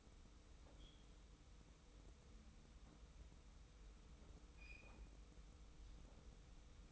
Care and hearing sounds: daily activity, microphone in the room; wipe stove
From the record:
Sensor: 1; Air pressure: 990.5 hPa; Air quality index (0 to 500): 166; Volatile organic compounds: 1000 ppm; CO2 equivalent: 6065 ppm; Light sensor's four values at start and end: 31/73/31/34 and 31/73/31/34

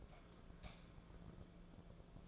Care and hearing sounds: daily activity, microphone in the room; light off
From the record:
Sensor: 5

